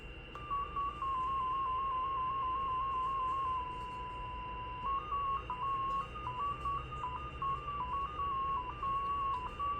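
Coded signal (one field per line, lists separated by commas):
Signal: numbers station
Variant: XPA2 MFSK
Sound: a single warbling tone hopping between nearby pitches several times a second, over hiss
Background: radio static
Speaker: you can see it's from osar Russia but it sounds like this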